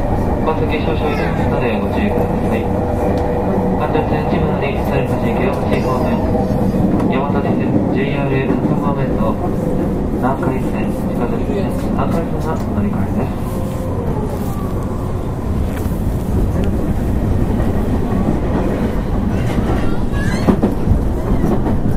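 Running sound from inside a 221 series electric train: a dense, steady low rumble of wheels and motor fills all 22 seconds at even loudness. Voices murmur over it through the middle, with faint higher clicks and rattles scattered throughout.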